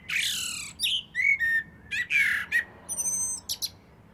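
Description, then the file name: Common blackbird singing: mellow fluted whistles around mid pitch broken by high, squeaky twittering bursts, several short phrases packed closely together over about four seconds. "Turdus merula"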